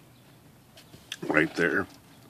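A platen knob (the variable line spacer) on a reconditioned Smith Corona Classic 12 vintage manual typewriter is handled as it is about to be pushed in to engage the chrome platen ratchet. Someone talks briefly, with a few small handling noises. Nothing has seated or clicked yet.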